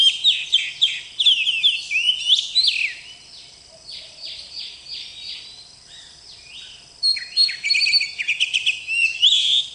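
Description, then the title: Oriental magpie-robin song of sweet whistles and scratchy chirps, loud at first, then a subdued middle section before lively singing resumes. "Suara Kacer"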